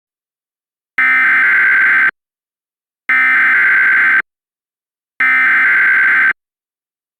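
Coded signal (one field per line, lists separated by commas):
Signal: Emergency Alert System (SAME) tones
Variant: header bursts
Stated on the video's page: Mock reenactment of a Snow Squall Warning for the Chicago area, using valid EAS tones.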